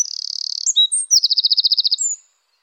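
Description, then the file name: Eurasian wren song ending: a fast high trill, then a few sharp notes and a rapid, evenly pulsed trill before stopping. "troglodyte"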